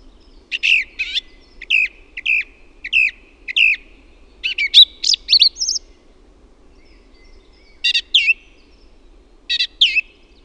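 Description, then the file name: Song thrush singing a short phrase repeated several times in a row, then a rapid jumbled phrase and two more brief phrases after a pause. "LAULURASTAS"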